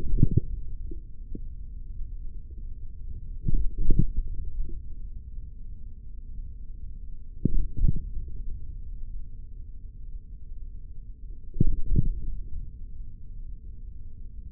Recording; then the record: forearm muscle sounds (acoustic myography)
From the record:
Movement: hand closing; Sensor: system 3, bracelet of six PUI Audio POM-2738L microphones around the upper forearm, with dedicated amplification and filtering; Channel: 3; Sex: male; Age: 43 years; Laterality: right